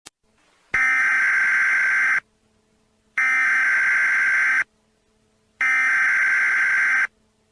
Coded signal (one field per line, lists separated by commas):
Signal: Emergency Alert System (SAME) tones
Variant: header bursts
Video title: goku has had enough... || EAS scenario